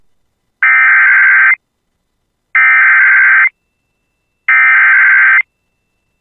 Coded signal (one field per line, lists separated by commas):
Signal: Emergency Alert System (SAME) tones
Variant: header bursts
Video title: [EAS] Grand Forks County Severe Thunderstorm (Considerable Damage; All Hazards) (6/27/25)